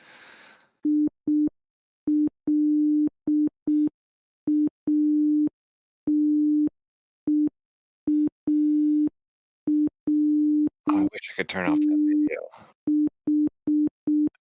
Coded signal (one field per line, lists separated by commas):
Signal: Morse code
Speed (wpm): 6 wpm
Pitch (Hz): 300 Hz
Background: speech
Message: ILATEARTH